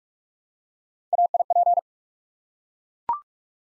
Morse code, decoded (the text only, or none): AIP